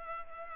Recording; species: mosquito wingbeat signal from an infrared sensor; Culex pipiens